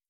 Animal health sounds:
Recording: hydrophone in a shrimp aquaculture tank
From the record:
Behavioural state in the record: starved

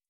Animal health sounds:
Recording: hydrophone in a shrimp aquaculture tank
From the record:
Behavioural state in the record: starved

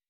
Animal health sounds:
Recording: hydrophone in a shrimp aquaculture tank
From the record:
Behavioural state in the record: weakened

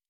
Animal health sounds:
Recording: hydrophone in a shrimp aquaculture tank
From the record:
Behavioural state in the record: normal

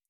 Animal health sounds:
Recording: hydrophone in a shrimp aquaculture tank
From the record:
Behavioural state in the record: feeding

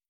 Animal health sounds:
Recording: hydrophone in a shrimp aquaculture tank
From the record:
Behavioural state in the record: starved

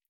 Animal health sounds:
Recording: hydrophone in a shrimp aquaculture tank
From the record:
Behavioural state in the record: feeding

